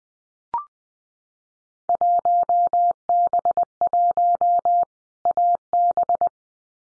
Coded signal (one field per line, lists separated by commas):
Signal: Morse code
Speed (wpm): 20 wpm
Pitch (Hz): 700 Hz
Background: none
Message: 1B1 AB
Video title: Field Day Exchange Encore 20wpm